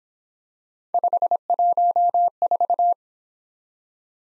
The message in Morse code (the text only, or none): 514